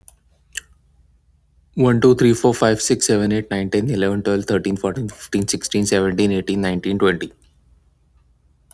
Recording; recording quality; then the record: counting at a fast pace; excellent, no background noise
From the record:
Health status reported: exposed to COVID-19, no respiratory illness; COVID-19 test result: not tested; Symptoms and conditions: none ticked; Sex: male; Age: 26 years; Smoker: not ticked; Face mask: not worn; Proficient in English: yes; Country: United States